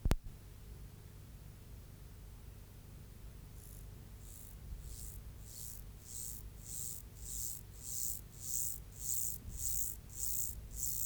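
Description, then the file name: Mottled grasshopper song, a quiet hiss for a few seconds, then short rasping pulses about twice a second that gradually grow louder. "Myrmeleotettix maculatus"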